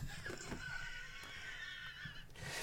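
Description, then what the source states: Red fox scream, a harsh, drawn-out wavering cry with layered tones, over a low rumbling background. Played as an example of a red fox's sound; described as loud and terrifying.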